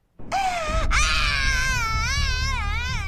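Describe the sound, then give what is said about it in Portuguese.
A kidnapped 2-year-old toddler held for ransom cries loudly and continuously, a high wavering wail that breaks briefly, then resumes with a sobbing, pulsing pitch over a low rumble. “os mutantes sequestraram …, o herdeiro de 2 anos da fortuna da família”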